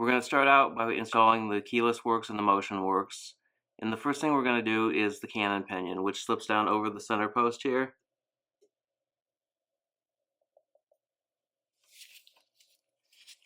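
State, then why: Not seated. Someone talks for about 8 seconds as a cannon pinion is slipped down over the center post of a 1960s Elgin pocket watch's Unitas 6431/6445 movement, followed by near silence with a few faint ticks and small handling sounds from about 10.6 s to 13.4 s. The cannon pinion is only lined up and positioned over the center post. Nothing has seated or clicked yet.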